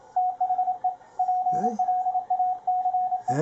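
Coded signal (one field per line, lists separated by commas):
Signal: Morse code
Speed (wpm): 28 wpm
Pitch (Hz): 730 Hz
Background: radio noise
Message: THE PLACE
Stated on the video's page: CW from a Ten-Tec Paragon 585 transceiver during a zero-beat demonstration.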